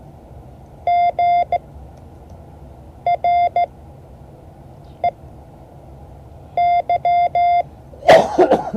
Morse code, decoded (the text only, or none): GREYEI